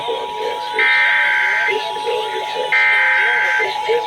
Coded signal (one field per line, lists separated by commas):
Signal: Emergency Alert System (SAME) tones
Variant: header bursts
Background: speech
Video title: MN RMT EAS 1711-1716 (READ DISC)